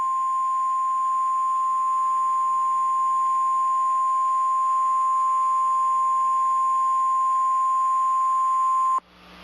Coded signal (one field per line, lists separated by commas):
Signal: Emergency Alert System (SAME) tones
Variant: 1050 Hz attention tone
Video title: EAS Scenario #14 A Bloody Christmas AN EAS CHRISTMAS SPECIAL